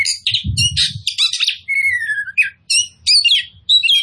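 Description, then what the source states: Oriental magpie-robin singing in short bursts of chips and whistles, including a long falling whistled slide, with a brief low rumble at the start. Local Indonesian name kacer poci; described as gacor, singing vigorously.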